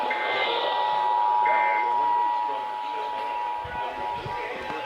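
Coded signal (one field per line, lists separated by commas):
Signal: Emergency Alert System (SAME) tones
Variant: 853 and 960 Hz attention tone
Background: speech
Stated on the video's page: Required monthly test relayed by a radio station in Virginia.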